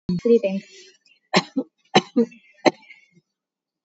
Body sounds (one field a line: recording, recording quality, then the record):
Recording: shallow voluntary cough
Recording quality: excellent, no background noise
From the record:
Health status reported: COVID-19 positive, no symptoms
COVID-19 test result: positive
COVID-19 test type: RT-PCR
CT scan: not taken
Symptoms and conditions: none ticked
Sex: female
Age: 34 years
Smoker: no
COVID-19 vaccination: none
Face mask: worn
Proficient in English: yes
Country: India